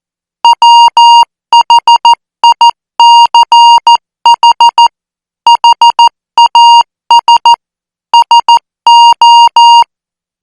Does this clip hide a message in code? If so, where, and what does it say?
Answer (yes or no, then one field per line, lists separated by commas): yes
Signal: Morse code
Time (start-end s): 0.4-9.8 s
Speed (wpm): 14 wpm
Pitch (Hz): 940 Hz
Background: music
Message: WHICH HAS SO